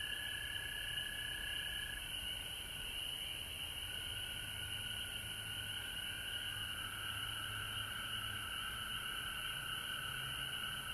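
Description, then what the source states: Frogs trilling continuously as a chorus, with a higher trill and a lower trill over a faint low rumble. Recorded at home in Georgia on March 19, 2020.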